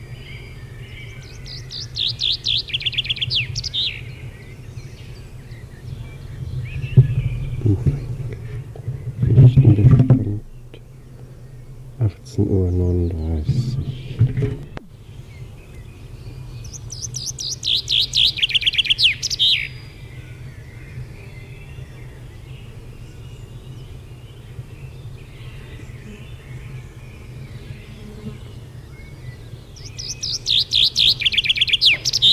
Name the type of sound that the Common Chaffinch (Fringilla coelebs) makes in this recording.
song